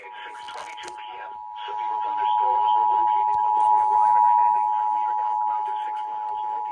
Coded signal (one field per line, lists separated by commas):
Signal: Emergency Alert System (SAME) tones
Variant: 853 and 960 Hz attention tone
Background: speech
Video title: Severe thunderstorm warning eas 682￼￼